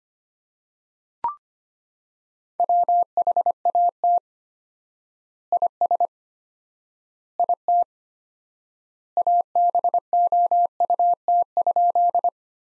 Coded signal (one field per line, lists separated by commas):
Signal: Morse code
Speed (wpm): 25 wpm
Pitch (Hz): 700 Hz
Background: none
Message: WHAT IS IT ABOUT?